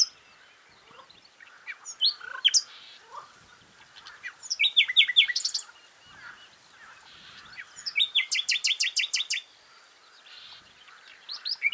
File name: Luscinia megarhynchos